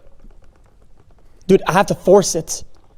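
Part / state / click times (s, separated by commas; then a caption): RAM module into motherboard memory slot / not seated / none. A RAM module is being pressed down into a motherboard memory slot and has to be forced in. Faint ticks and scrapes of handling come through the first second, and then someone talks loudly. Nothing has seated or clicked yet by the end of the clip.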